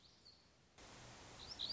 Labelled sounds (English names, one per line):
Lazuli Bunting